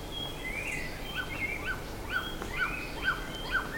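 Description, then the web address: Bird giving brisk repeated short notes, about two a second, alternating with higher rising slurred whistles, against a low hissing background. "BIRD 2015 SABIOD 50 bird 2015"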